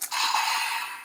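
Someone presses the red release button on a plastic Kamen Rider Geats DX Magnumshooter 40X toy gun to free a plastic buckle piece locked into its slot, since it can't be pulled out until released. A single sharp click sounds at 0.0 s, followed by about a second of steady, bright noise that slowly fades. The button releases the buckle so it can be pulled out.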